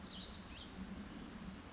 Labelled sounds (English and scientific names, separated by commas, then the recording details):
House Finch (Haemorhous mexicanus)
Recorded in Sonoma County, California